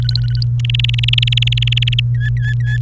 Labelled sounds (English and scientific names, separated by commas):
Domestic Canary (Serinus canaria) song